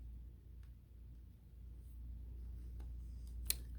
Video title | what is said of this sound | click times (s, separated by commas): Samsung Z Fold 3 UNBOXING with Accessories - This is a MAJOR FLEX! | there was a little click there to make sure it's in there securely | 3.5 s